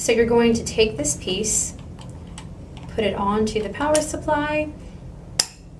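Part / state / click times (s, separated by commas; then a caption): wall plug adapter into cold therapy unit power supply / seated / 5.4 s. A wall-plug adapter piece for a Breg Polar Care Wave cold therapy unit is placed onto the plastic power supply body and turned while someone talks. It clicks into place at 5.4 s, which means the adapter is secure.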